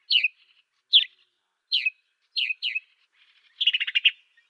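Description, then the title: Swainson's sparrow giving several short descending chirps, then a quick rattling burst of repeated notes. "Swainson's Sparrow (Passer swainsonii)"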